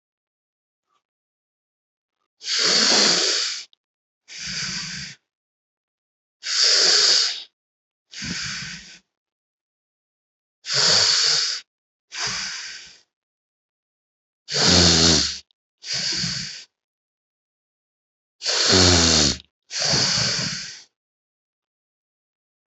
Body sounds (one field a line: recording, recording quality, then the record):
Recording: deep breathing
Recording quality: excellent, no background noise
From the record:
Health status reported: healthy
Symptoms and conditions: none ticked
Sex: male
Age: 32 years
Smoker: not ticked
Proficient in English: yes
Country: India